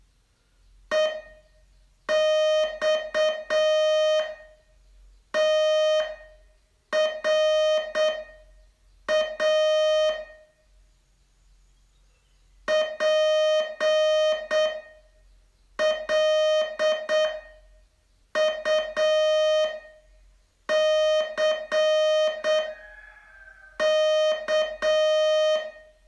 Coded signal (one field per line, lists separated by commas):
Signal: Morse code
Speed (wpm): 7 wpm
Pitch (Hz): 620 Hz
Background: music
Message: EXTRA PLUCK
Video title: Learn Morse in 42 Days from VU2LAU - day 34 test